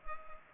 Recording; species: mosquito wingbeat signal from an infrared sensor; Culex pipiens